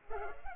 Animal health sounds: mosquito wingbeat signal from an infrared sensor; Culex pipiens

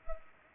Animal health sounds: mosquito wingbeat signal from an infrared sensor; Culex pipiens

